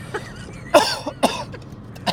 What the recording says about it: I just took a big hit. Fucking cough.